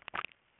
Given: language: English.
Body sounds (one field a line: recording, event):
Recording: throat vibration sensor signal played as sound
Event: swallow